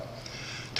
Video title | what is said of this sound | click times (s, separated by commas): Snaggletooth folding knife new innovation nov 2014 | and locks in place once it comes out to | 0.8 s